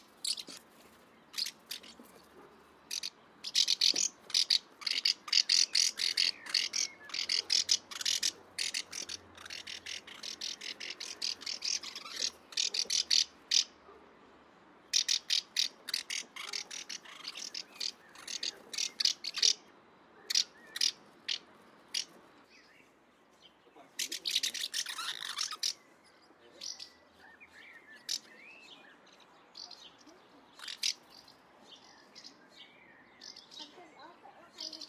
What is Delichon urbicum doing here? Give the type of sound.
call